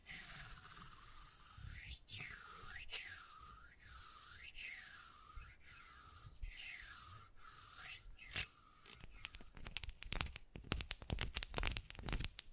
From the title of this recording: ASMR Fast Changing Unpredictable Triggers